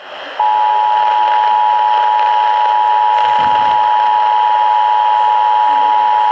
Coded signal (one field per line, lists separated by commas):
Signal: Emergency Alert System (SAME) tones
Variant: 853 and 960 Hz attention tone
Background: speech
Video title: AM EAS#44 Flash Flood Warning on KGO 810 AM